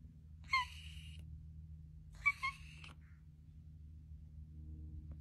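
Kinkajou squeaking in two short bursts, a single squeal followed by a rapid double squeak, with low steady hum underneath.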